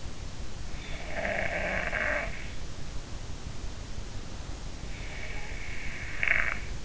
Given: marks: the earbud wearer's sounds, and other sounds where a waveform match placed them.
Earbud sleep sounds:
sounds in sleep by an in-ear microphone; snoring breath
1.05-2.45 s: snoring breath
5.18-6.83 s: snoring breath

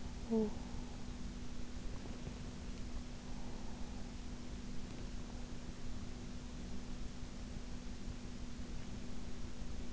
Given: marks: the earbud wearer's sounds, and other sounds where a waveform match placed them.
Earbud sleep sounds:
sounds in sleep by an in-ear microphone; talking in sleep
0.00-1.22 s: talking in sleep

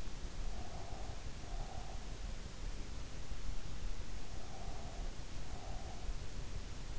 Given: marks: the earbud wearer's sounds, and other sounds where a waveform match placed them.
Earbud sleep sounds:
sounds in sleep by an in-ear microphone; breath
0.51-2.09 s: breath
4.41-6.22 s: breath

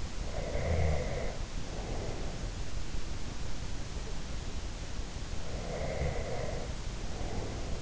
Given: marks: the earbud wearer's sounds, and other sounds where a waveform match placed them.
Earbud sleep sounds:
sounds in sleep by an in-ear microphone; snoring breath, breath
0.23-2.44 s: snoring breath
5.39-7.82 s: breath

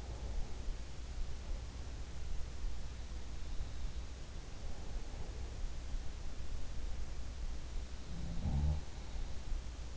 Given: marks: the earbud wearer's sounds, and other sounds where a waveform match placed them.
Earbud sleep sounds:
sounds in sleep by an in-ear microphone; breath
0.00-0.91 s: breath
7.99-8.89 s: sound from someone else or the room

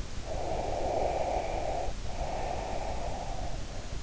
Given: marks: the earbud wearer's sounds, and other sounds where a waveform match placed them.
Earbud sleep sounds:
sounds in sleep by an in-ear microphone; breath
0.15-3.76 s: breath

